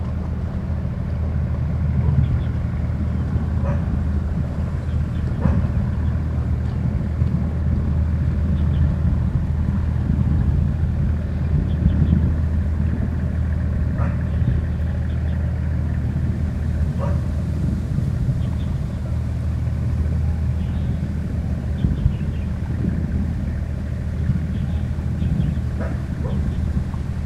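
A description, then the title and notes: A canal boat motor chugs steadily, a deep, dense rumble that holds the same level for the whole stretch. Faint brief knocks and clicks rise above it every few seconds, near 4, 6, 14, 17 and 26 seconds. Canal boats. Motors.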